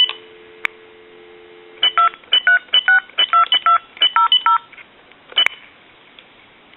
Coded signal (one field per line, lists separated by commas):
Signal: DTMF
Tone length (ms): 130 ms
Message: 2362200